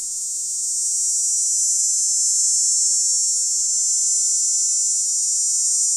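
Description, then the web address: Dog-day cicada song, a loud continuous shrill buzz that swells slightly in the first second, then holds steady throughout. "Songs of Insects. Dog-day Cicada"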